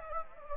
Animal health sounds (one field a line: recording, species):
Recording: mosquito wingbeat signal from an infrared sensor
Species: Anopheles gambiae